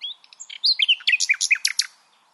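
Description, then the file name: Common nightingale song phrase, quick series of sharp chirping notes building into a loud rapid burst, then fading. "Luscinia megarhynchos"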